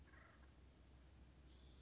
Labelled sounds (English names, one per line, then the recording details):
Acorn Woodpecker
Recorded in Sonoma County, California